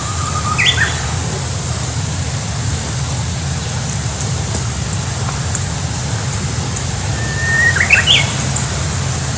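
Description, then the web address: Japanese bush warbler sings twice, each phrase a long steady whistle followed by a rapid rising flourish, against continuous traffic noise. Recorded 9 March 2019. "shonin uguisu"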